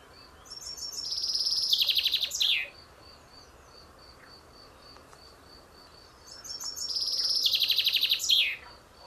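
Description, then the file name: Common chaffinch song, two bright descending trills each ending in a quick flourish, about six seconds apart, with quiet gaps between. "Fringilla coelebs"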